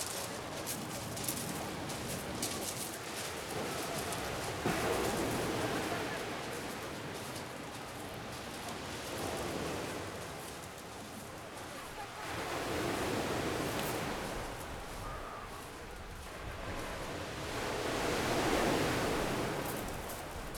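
Surf on an Étretat beach in the afternoon: a constant hiss of waves that swells and recedes, cresting near 5, 13 and 18 seconds.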